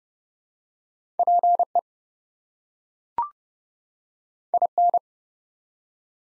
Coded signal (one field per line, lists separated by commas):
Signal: Morse code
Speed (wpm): 29 wpm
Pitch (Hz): 700 Hz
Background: none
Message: PE IN